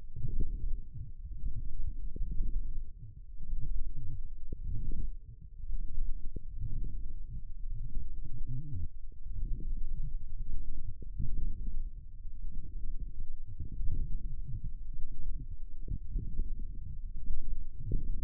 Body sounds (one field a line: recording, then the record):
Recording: forearm muscle sounds (acoustic myography)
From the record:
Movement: forearm supination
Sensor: system 1, eight BSWA MPA416 microphones around the upper forearm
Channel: 5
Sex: female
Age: 21 years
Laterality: right